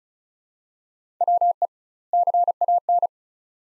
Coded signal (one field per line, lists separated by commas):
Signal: Morse code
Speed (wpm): 36 wpm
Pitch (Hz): 700 Hz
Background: none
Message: WE CAN